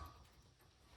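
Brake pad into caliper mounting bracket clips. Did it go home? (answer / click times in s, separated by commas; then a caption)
no / none. A new steel-backed front brake pad is worked into the spring clips of the caliper mounting bracket on a 2008–2016 Chrysler Town and Country or Caravan. Only quiet, low handling noise and a steady background hum are heard, with no sharp hits. Nothing has seated or clicked yet.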